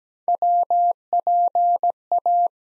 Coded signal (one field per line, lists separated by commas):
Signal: Morse code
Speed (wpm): 17 wpm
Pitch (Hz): 700 Hz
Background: none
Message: WPA